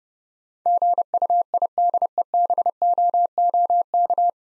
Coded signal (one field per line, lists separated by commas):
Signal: Morse code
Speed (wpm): 30 wpm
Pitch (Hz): 700 Hz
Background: none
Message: GUIDEBOOK